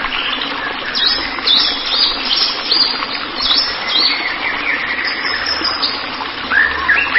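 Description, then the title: White-rumped shama singing a busy series of sharp chirps and downward-swept whistles, fairly continuous throughout, against a hissing background. "Kicau Murai Batu"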